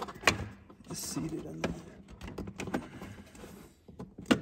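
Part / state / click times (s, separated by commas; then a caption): fuel injector into the intake manifold port/fuel rail / seated / 4.3 s. A new fuel injector with its O-ring, which was not fully seated at first, is pushed by hand into its bore in the intake manifold port / fuel rail of a Porsche Cayman 987 while someone talks. Scattered small taps and knocks come through the clip before a sharp hit at 4.3 s marks the injector going home, fully seated.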